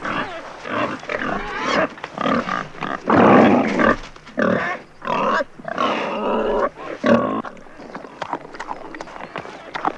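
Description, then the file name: Wild boar grunting and squealing in harsh, noisy bursts of varying length, separated by short pauses, with loud squeals around three seconds. "dzik"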